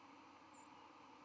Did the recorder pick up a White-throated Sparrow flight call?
yes